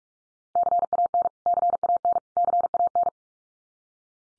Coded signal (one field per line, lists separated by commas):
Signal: Morse code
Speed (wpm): 44 wpm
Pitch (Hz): 700 Hz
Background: none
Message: CAN CAN CAN